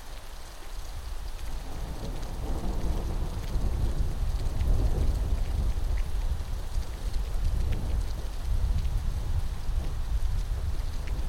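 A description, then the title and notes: Heavy rain pours steadily throughout a September thunderstorm, a dense hiss with a deep rumbling low end that swells slightly around the middle. Scattered sharper drips and taps land irregularly over the continuous downpour, with no clear thunder crack standing out. September Thunderstorm.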